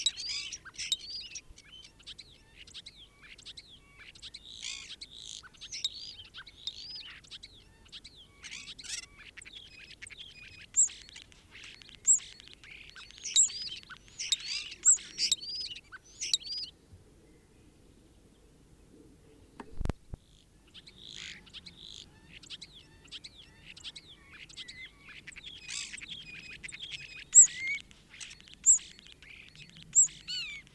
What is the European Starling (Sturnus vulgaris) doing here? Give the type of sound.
song